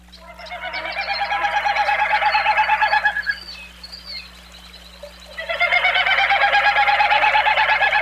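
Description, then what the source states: Wilson's snipe winnowing: a hollow, rapidly pulsing whistle in two long bouts with a lull between, over a low steady hum. Male winnowing to attract a mate or defend territory; non-vocal low whistling sound made by air over outstretched curled tail feathers with each wing beat; found in marshes.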